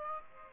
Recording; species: mosquito wingbeat signal from an infrared sensor; Aedes aegypti